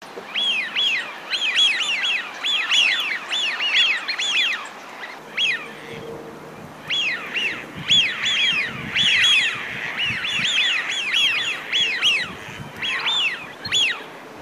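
Brown-eared bulbul calls: shrill, repeated notes that rise and fall, given in fast bursts with a short pause.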